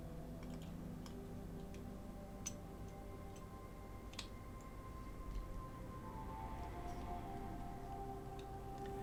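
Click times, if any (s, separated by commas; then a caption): none. The metal base plate of a restored Matchbox 24C Rolls-Royce Silver Shadow diecast model car is pressed onto the chassis rivet, with faint, brief ticks near 1.1, 2.5 and 4.2 seconds over a steady low hum and soft tonal background. There is no satisfying snap: nothing has seated or clicked, so the plate does not lock onto the rivet and has to be super-glued.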